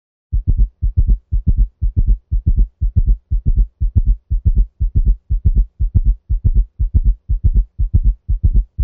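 Fast, regular heart sounds at about 120 beats a minute from a cat with hypertrophic cardiomyopathy, each cycle a cluster of low thuds with an added loud diastolic sound. This is a summation gallop: S3 and S4 coming together in diastole as a single sound at a faster heart rate, common in cats with heart disease that have both an S3 and an S4.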